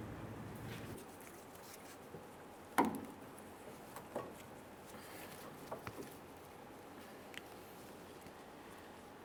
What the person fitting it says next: Now as I pressed it through, I can hear an audible click from each of the 3 ears.